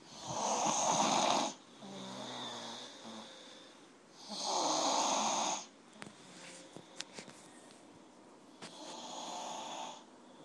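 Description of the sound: Loud, harsh rasping snores from a sleeping adult, about every four to five seconds, roughly 13 to 14 breaths a minute, with softer, quieter breaths out between them. A brief voice is heard at the very start. The pattern is ordinary heavy snoring.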